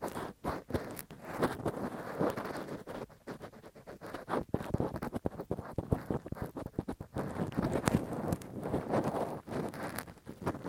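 Rough, deep ear cleaning with a Q-tip and ear pick: a dense run of scratchy rubbing, crackles and sharp little knocks that never lets up. The scraping comes in quick, irregular strokes, mostly low and muffled, with brighter clicks popping out now and then.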